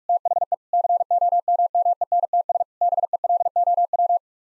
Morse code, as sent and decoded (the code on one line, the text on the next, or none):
- .... . / -.-. --- -- -- . -. - ... / -... . .-.. --- .--
THE COMMENTS BELOW